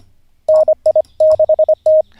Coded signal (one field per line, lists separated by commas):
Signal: Morse code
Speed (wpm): 25 wpm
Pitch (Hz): 620 Hz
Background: none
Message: NI6T